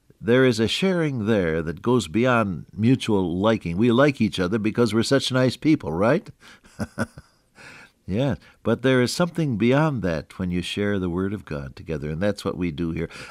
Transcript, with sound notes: There is a sharing there that goes beyond mutual liking. We like each other because we’re such nice people, right? (Laughs) Yeah. But there’s something beyond that when you share the Word of God together. And that’s what we do here.